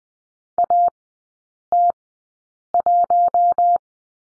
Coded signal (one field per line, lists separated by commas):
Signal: Morse code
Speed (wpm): 20 wpm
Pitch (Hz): 700 Hz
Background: none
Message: AT1